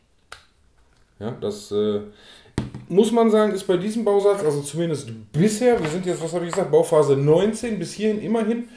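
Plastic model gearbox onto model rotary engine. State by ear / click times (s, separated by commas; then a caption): seated / 0.3 s. A plastic model gearbox is pushed again onto a model rotary engine in a Mazda Cosmo Sport model kit from ModelSpace (DeAgostini), repeating the snap-fit to show its click. A single sharp click is heard at 0.3 s, and the gearbox seats home. Someone then talks.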